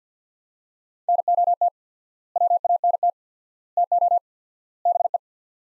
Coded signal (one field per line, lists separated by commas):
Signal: Morse code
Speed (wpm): 50 wpm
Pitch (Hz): 700 Hz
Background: none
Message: NOT WANT TO BE